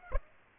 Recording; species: mosquito wingbeat signal from an infrared sensor; Aedes aegypti